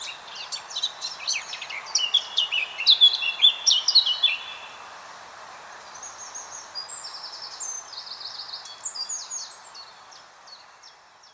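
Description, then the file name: Eurasian blackcap song, a rapid warbling run of high notes that ends in a thinner, softer stretch of clear whistled phrases. "Sylvia atricapilla"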